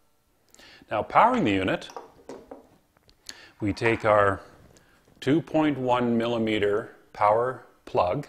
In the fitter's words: really simple you get your blade clicking into place and you're good to go